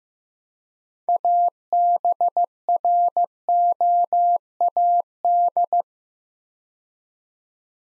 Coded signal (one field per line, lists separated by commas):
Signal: Morse code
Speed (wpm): 15 wpm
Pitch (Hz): 700 Hz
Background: none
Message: ABROAD